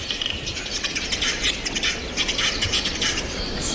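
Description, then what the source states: Western capercaillie display call: a rapid run of dry clicks and rattling, grinding notes, packed closely together throughout over a steady hiss. Courtship call of a male capercaillie, a bird described as endangered.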